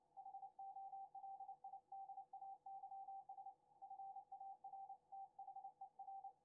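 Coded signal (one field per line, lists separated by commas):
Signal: Morse code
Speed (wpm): 29 wpm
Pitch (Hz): 780 Hz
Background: none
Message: HOLIDAYS FARTHER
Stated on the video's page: High-speed Morse received from the amateur bands, plotted with a fast Hellschreiber mode; the code is too fast to read by ear and hard for machines.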